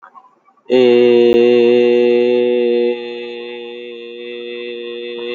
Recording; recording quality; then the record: sustained vowel as in made; excellent, no background noise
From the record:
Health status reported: healthy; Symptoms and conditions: none ticked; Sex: male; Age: 46 years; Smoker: not ticked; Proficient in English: yes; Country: India